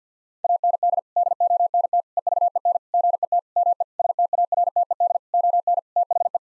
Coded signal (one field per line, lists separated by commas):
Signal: Morse code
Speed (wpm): 50 wpm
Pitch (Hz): 700 Hz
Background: none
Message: AND DONT EVEN GET ME STARTED ON THE